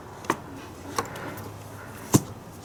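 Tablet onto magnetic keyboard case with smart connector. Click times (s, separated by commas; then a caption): 0.3 s. An iPad is set onto a magnetic keyboard case mount with a smart connector and snaps into place with a click at 0.3 s, after which the tablet registers the keyboard. Two more short, sharp knocks follow at about 1.0 s and 2.1 s over a quiet background.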